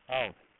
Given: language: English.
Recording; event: throat vibration sensor signal played as sound; speech